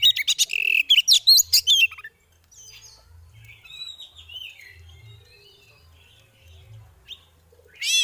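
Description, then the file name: Oriental magpie-robin giving a burst of rapid, scratchy chattering notes for two seconds, then faint twittering and a low hum before a new burst starts. Female bird; 'ngeriwik' and 'ngeplong' call styles; recording used as bird therapy audio. "Terapi Suara Burung Kacer Betina Ngeriwik Ngeplong"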